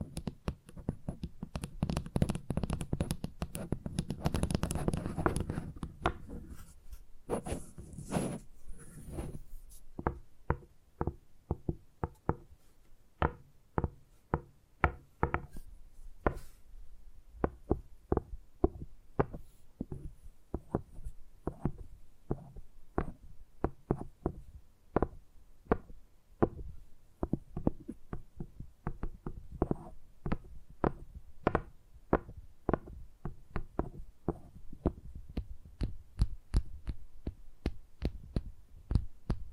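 Tingly tapping sounds, sharp and crisp, struck in quick irregular clusters throughout. During the first ten seconds the taps are denser and sit over a low rumbling bed with a faint high whine; after that they thin out into cleaner, more evenly spaced knocks.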